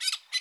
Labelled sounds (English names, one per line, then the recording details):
Brown-throated Parakeet contact call
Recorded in Bonaire
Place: 1 km N of power plant, rd to Republiek
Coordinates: 12.184, -68.285